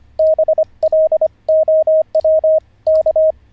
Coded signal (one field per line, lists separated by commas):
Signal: Morse code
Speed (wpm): 25 wpm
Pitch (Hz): 630 Hz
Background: radio noise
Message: BLOWK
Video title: How to Learn Morse Code (Day 44) [Livestream]